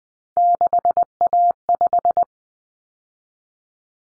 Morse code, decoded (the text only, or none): 6A5